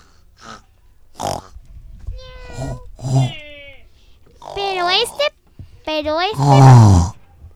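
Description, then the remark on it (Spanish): A voice imitates animal noises, a string of drawn-out, wavering cat meows with rising and falling pitch, broken up by short, rough pig-like grunts and snorts, fairly loud with brief pauses between. “unos alienígenas que en vez de patas, tentáculos, ni siquiera tenían un solo pelo, y aparte no ladraban, sino maullaban y hacían ruidos de cerdo.”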